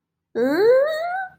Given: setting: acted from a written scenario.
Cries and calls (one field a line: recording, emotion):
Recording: vocal sound without words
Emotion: confusion